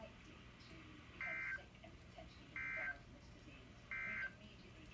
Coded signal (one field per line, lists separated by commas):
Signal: Emergency Alert System (SAME) tones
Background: speech